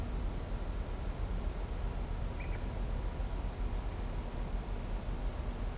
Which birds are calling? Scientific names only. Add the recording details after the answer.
none. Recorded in shrubland near Pivijay, Magdalena, Colombia, on 5 June 2023 at 15:00. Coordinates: 10.453, -74.365. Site P5-G022